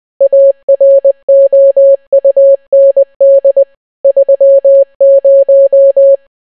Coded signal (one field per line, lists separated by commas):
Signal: Morse code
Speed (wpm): 20 wpm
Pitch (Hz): 550 Hz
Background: none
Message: AROUND 30